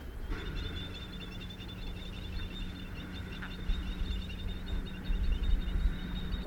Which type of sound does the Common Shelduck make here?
call